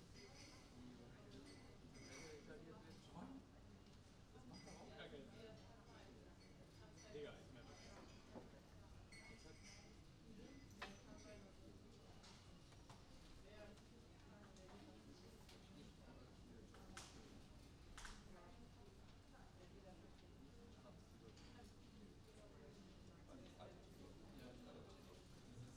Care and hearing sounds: everyday scene through a hearing-aid microphone; many people talking; many voices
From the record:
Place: university cafeteria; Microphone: in the ear canal, right

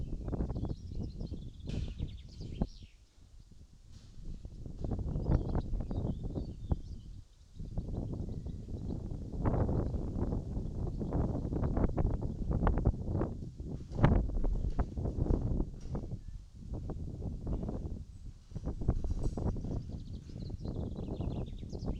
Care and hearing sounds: everyday scene through a hearing-aid microphone; wind on the microphone; wind, other noises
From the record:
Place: in front of a rural house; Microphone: in the ear canal, right

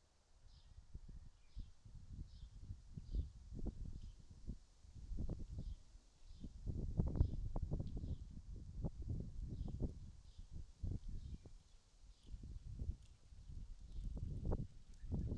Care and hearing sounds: everyday scene through a hearing-aid microphone; wind on the microphone; wind, birds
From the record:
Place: in front of a rural house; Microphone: in the ear canal, right

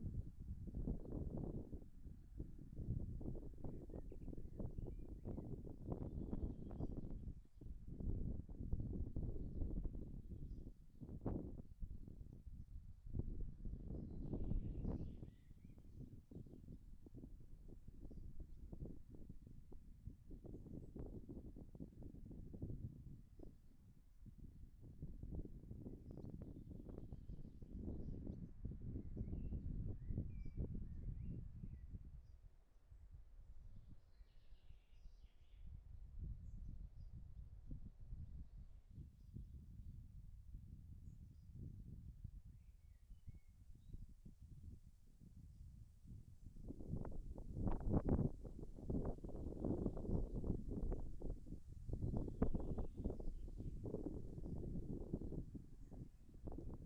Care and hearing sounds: everyday scene through a hearing-aid microphone; wind on the microphone; wind, birds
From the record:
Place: in front of a rural house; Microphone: behind the ear, left, front

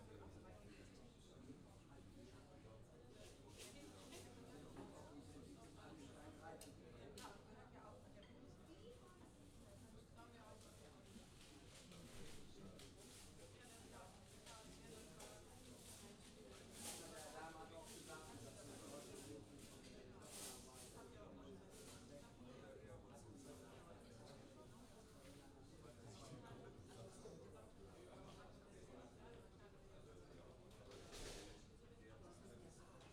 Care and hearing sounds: everyday scene through a hearing-aid microphone; many people talking; many voices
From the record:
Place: university cafeteria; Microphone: in the ear canal, left

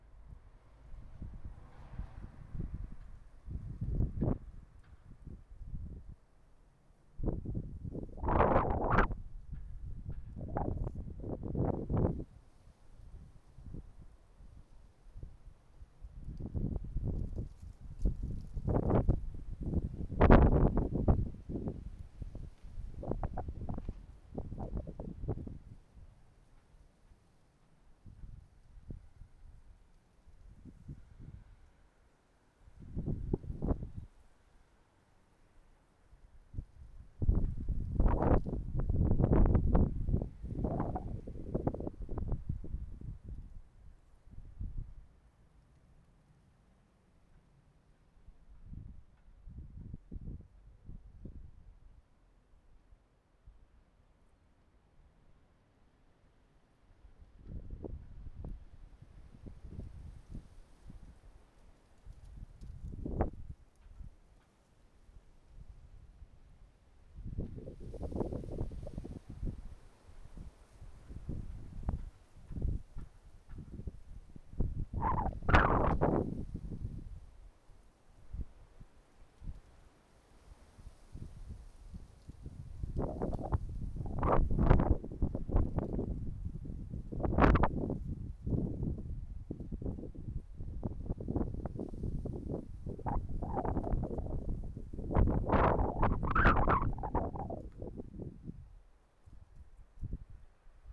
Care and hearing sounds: everyday scene through a hearing-aid microphone; wind on the microphone; wind, traffic, birds, plane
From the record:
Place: suburban garden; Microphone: behind the ear, right, rear

